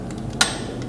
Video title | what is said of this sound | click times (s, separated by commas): perakitan pc | sangat bunyi klik ya kemudian | 0.4 s